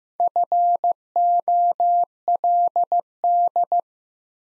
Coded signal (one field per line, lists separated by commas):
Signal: Morse code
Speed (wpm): 15 wpm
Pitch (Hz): 700 Hz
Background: none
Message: FOLD